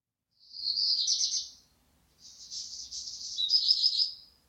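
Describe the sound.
Black redstart song: two high, scratchy, crackling phrases separated by a short pause, the second longer and ending in a brighter rattle; quiet background.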